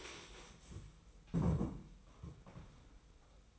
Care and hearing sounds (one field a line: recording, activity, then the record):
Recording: daily activity, microphone in the room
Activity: stand up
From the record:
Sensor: 1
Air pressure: 990.5 hPa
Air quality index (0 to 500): 155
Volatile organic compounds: 1000 ppm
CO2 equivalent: 5624 ppm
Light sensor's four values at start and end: 28/64/27/30 and 27/64/27/30